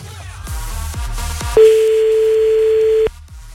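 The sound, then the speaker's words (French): A single long, steady telephone ringback tone, heard while calling someone back, sounds for about a second and a half, loud and even in pitch, over thumping background music with a steady beat. “Attends, on le rappelle encore un coup, là, t'en bouges pas.”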